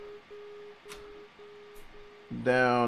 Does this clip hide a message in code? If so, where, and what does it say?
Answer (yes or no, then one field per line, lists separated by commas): no